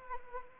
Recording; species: mosquito wingbeat signal from an infrared sensor; Anopheles arabiensis